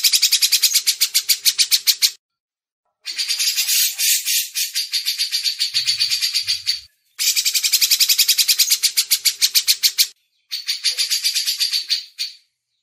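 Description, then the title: Grey-cheeked bulbul giving four bouts of fast, rasping chatter, each a few seconds long, divided by brief pauses. Masteran tutor used as training audio. "MASTERAN CUCAK JENGGOT"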